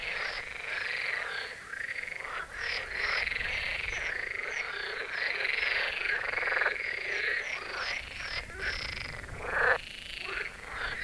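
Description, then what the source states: Marsh frog chorus, continuous overlapping croaking and rattling from many frogs, barely a pause throughout. Chorus at the Birkensee, Schönbuch, Germany; recorded on one of the first proper hot days of summer 2023.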